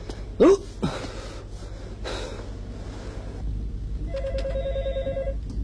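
telephone ringing

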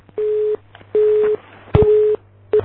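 telephone busy tone

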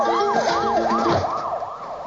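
police patrol car siren

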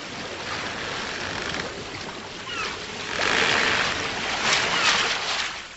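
stormy sea waves crashing

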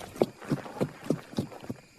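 horse hooves galloping away

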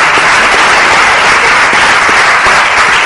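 applause

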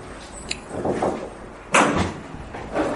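door being closed

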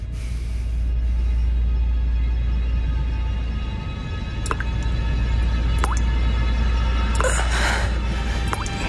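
dripping water

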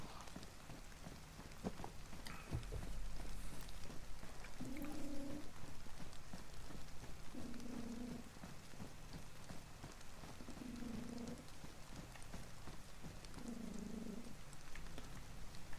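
cat purring

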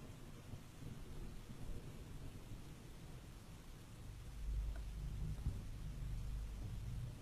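rain with thunder

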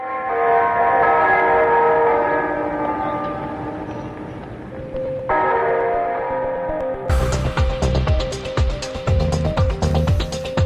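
bells ringing

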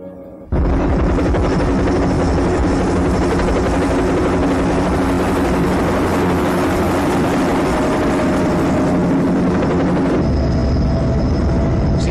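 helicopter flying overhead

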